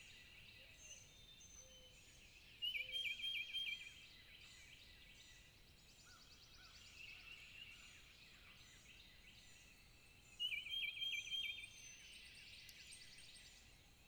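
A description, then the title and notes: Early morning birdsong fills a busy chorus, with a loud, rapid trilling call near 3 and 10 seconds over steady chirping and faint insects. At 6:00 am on an April morning it gets pretty noisy on Wadmalaw island. Soundcast: Camping On Wadmalaw. It gets pretty noisy on Wadmalaw island. Whether looking for mates, defending turf, or pecking for breakfast, these early birds truly rise and shine.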